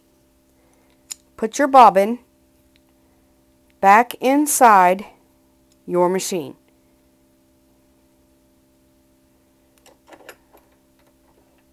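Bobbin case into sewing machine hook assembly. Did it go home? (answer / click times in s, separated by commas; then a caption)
no / none. A bobbin case is handled at the hook assembly of a sewing machine while someone talks, with a sharp tick near 1.1 s and faint handling taps near 9.9 s and 10.3 s. The clip ends before the bobbin case is pushed home, so nothing has seated or clicked yet.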